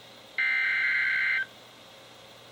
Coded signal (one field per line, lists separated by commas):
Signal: Emergency Alert System (SAME) tones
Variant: header bursts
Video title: EAS#30-#32: Late February Severe Weather | KHB36